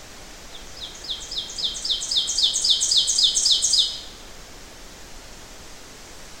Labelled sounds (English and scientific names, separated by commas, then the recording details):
Ovenbird (Seiurus aurocapilla) song
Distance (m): 15 m
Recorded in boreal forest in Alberta, Canada, on 12 June 2016 at 06:14
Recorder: SongMeter 3, array SBT-3-18
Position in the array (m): 68 m, 311 m
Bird 32